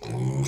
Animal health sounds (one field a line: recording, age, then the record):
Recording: pig call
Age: weaner (32 to 43 days)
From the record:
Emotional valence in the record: negative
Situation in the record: novel object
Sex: female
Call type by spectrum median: low-frequency call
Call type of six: mixed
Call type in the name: high-frequency modulated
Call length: 0.48 s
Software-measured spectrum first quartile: 136 Hz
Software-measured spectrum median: 285 Hz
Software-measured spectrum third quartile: 1194 Hz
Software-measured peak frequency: 132 Hz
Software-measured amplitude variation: 104 dB a second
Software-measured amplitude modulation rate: 21.8 a second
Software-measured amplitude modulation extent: 4.8 dB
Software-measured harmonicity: 7.2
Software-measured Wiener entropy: -1.98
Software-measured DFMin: 1028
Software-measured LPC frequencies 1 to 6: 2238, 3443, 4062, 5067, 5901, 6532 Hz